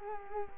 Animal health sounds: mosquito wingbeat signal from an infrared sensor; Culex quinquefasciatus

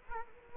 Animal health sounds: mosquito wingbeat signal from an infrared sensor; Culex quinquefasciatus

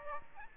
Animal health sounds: mosquito wingbeat signal from an infrared sensor; Aedes aegypti

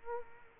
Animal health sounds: mosquito wingbeat signal from an infrared sensor; Culex quinquefasciatus

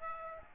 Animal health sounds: mosquito wingbeat signal from an infrared sensor; Aedes aegypti

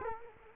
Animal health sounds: mosquito wingbeat signal from an infrared sensor; Culex quinquefasciatus

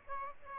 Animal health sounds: mosquito wingbeat signal from an infrared sensor; Aedes aegypti

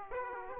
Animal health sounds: mosquito wingbeat signal from an infrared sensor; Aedes aegypti

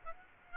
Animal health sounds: mosquito wingbeat signal from an infrared sensor; Aedes aegypti

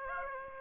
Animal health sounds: mosquito wingbeat signal from an infrared sensor; Aedes aegypti

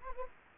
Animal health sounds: mosquito wingbeat signal from an infrared sensor; Anopheles gambiae

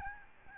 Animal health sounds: mosquito wingbeat signal from an infrared sensor; Aedes albopictus

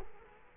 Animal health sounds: mosquito wingbeat signal from an infrared sensor; Culex quinquefasciatus

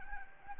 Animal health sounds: mosquito wingbeat signal from an infrared sensor; Anopheles gambiae

